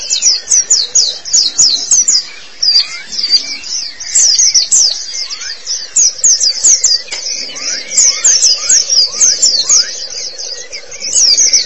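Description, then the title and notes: White-eye singing in quick bursts of very high, sharp twittering notes, brief pauses between runs, plus a few lower falling whistles and a faint steady hum. Pleci (white-eye) chirping song. "Suara kicauan burung pleci"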